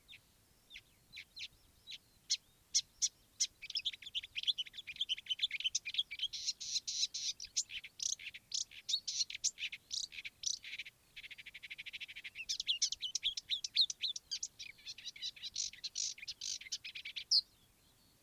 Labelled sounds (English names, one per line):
Marsh Warbler